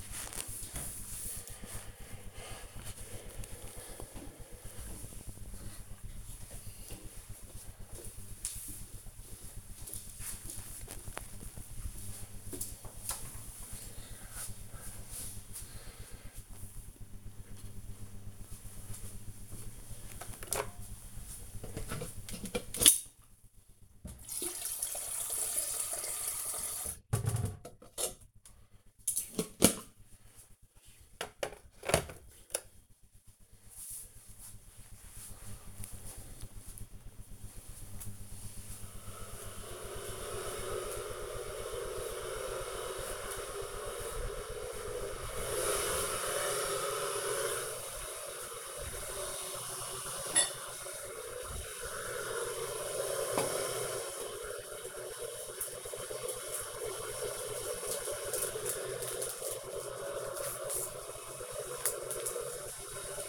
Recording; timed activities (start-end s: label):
household activities, microphone on the right wrist
19.43-63.29 s: making tea